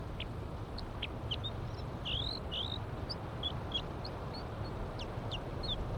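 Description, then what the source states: Crossbill song: a loose series of short, sharp, high chips and slurred notes over a steady low rumbling background. Individual bird L5 singing while wild crossbills are awaited near a nest.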